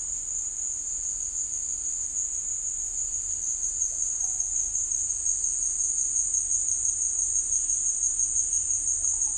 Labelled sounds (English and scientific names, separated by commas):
none